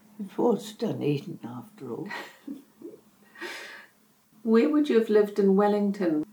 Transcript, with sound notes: It was Dunedin after all. [Chuckle] Where would you’ve lived in Wellington?